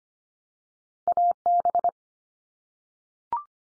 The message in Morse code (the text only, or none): AB